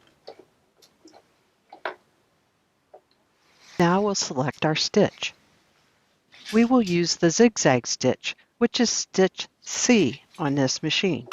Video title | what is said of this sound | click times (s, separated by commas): Sew on Buttons by Machine | placing it under the ankle of the machine and just lowering it down and it'll snap in place | 1.9 s